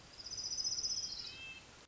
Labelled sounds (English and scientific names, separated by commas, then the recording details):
Orange-crowned Warbler (Leiothlypis celata)
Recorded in Sonoma County, California